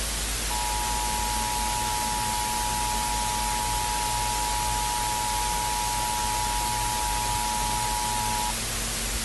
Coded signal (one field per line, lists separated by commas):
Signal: Emergency Alert System (SAME) tones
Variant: 853 and 960 Hz attention tone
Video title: Bloody rain, tapes nine EAS alarm ￼